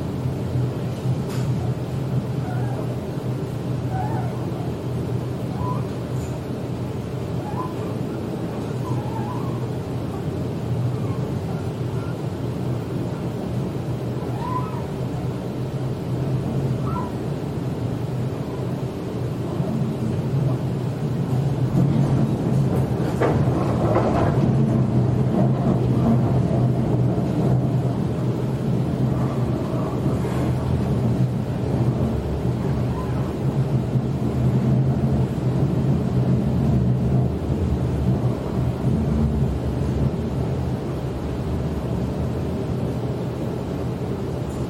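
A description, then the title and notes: A ride on a Sydney train heading into the city, with a steady low rumble filling the whole stretch. Faint chirps and squeaks sound in the first fifteen seconds. Around twenty-two seconds the running noise grows louder and stays heavier to the end. Go to City by Sydney Train 電車でシドニー市内に向かう.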